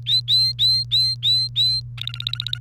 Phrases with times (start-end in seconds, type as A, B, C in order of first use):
0.06-1.80 A, 1.98-2.61 B